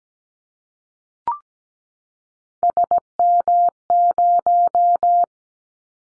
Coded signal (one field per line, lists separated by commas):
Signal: Morse code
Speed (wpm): 17 wpm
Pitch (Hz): 700 Hz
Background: none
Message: SM0